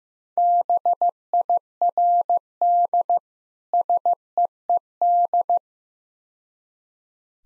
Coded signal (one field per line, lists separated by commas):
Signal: Morse code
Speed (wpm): 15 wpm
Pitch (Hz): 700 Hz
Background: none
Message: BIRD SEED